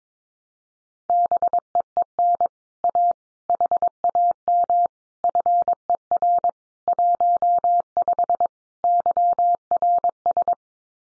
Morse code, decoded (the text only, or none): BEEN A HAM FER 15 YRS